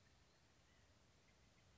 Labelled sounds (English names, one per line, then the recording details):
White-breasted Nuthatch
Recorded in Sonoma County, California